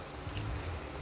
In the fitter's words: going to click the retaining clip on this.